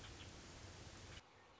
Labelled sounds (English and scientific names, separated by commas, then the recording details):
Red-winged Blackbird (Agelaius phoeniceus)
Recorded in Sonoma County, California